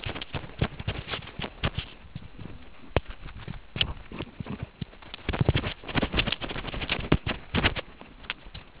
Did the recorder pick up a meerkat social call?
no